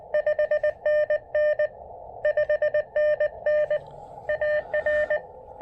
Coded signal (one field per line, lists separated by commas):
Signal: Morse code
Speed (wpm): 20 wpm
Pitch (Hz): 600 Hz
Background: none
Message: 5NN 5NN AR